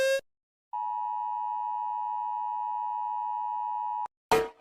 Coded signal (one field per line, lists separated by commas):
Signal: Emergency Alert System (SAME) tones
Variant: 853 and 960 Hz attention tone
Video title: Rating E.A.S alarms (emergency alert system)